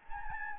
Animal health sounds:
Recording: mosquito wingbeat signal from an infrared sensor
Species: Anopheles gambiae

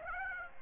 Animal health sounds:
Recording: mosquito wingbeat signal from an infrared sensor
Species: Aedes aegypti

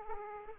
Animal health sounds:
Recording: mosquito wingbeat signal from an infrared sensor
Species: Aedes aegypti

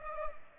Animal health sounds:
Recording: mosquito wingbeat signal from an infrared sensor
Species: Culex pipiens

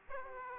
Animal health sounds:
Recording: mosquito wingbeat signal from an infrared sensor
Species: Aedes aegypti

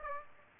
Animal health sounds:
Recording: mosquito wingbeat signal from an infrared sensor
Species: Aedes aegypti

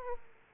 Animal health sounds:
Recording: mosquito wingbeat signal from an infrared sensor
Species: Aedes aegypti

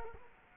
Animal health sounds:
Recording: mosquito wingbeat signal from an infrared sensor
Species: Culex quinquefasciatus

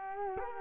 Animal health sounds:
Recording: mosquito wingbeat signal from an infrared sensor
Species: Culex quinquefasciatus

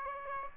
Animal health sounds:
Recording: mosquito wingbeat signal from an infrared sensor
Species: Aedes aegypti

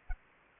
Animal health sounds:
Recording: mosquito wingbeat signal from an infrared sensor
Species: Anopheles gambiae

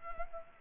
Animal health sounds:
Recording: mosquito wingbeat signal from an infrared sensor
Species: Culex pipiens

